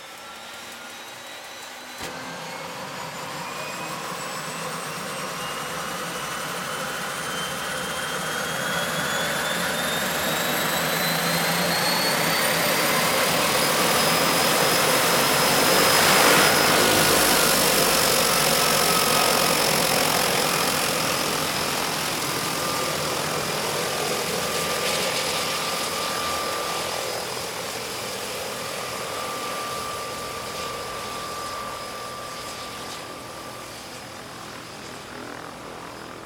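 A turboprop floatplane's engine whines with rising high tones, growing louder toward the middle as it passes, then fading steadily over the final seconds.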